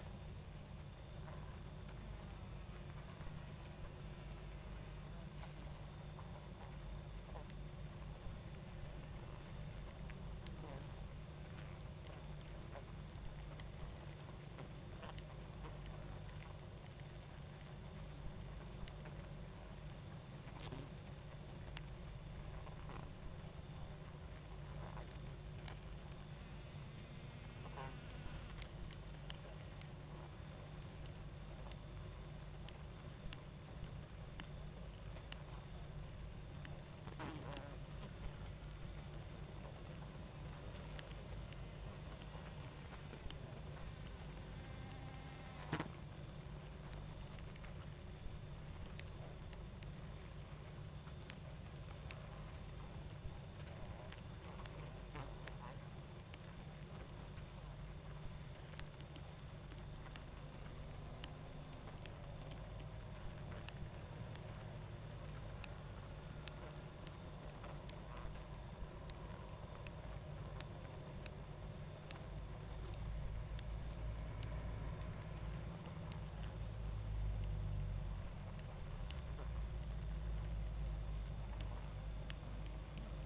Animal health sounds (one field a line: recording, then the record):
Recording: honeybee colony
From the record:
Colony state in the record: active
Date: 28 July 2017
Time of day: 21:37